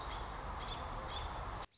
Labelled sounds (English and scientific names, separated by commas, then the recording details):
American Robin (Turdus migratorius)
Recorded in Sonoma County, California